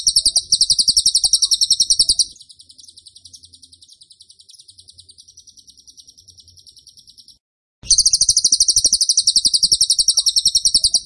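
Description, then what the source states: Bird gives loud, fast chirp trains, then softer repeated high notes continue for several seconds before a brief silence and another loud rapid burst. Masteran (training) recording of a bird singing vigorously (gacor) in the tembakan style.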